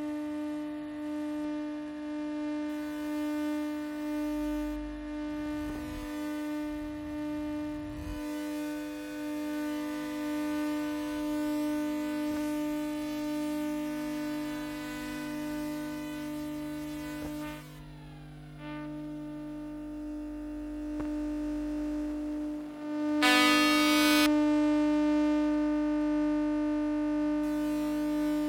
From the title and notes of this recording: Electromagnetic field recording from tram number 13. Gear: LOM Elektrosluch Mini City and Zoom H2. Place: Brugata to Birkelunden Oslo, Norway.